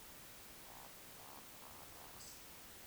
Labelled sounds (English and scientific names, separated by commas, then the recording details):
Eurasian Woodcock (Scolopax rusticola) whistle, Eurasian Woodcock (Scolopax rusticola) croak
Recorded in Baden-Württemberg, Germany, on 2 June 2021 at 20:00 UTC
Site 25832, 648 m above sea level